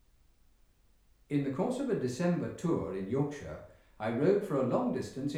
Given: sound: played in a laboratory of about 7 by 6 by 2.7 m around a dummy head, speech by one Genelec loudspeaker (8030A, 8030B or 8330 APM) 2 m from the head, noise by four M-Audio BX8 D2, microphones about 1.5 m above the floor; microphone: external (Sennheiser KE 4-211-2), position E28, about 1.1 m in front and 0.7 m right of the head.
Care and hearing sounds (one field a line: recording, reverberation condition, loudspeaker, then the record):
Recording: male speech in English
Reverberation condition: medium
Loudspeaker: 30 degrees to the left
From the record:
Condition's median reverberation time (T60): about 510 ms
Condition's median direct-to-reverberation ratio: about -0.5 dB